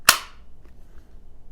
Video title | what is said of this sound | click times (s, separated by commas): Budget Glock 19 Optic Ready IWB Holster (CYA Supply Co.) | Very audible, very positive click there. | 0.1 s